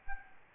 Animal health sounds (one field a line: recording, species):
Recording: mosquito wingbeat signal from an infrared sensor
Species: Aedes albopictus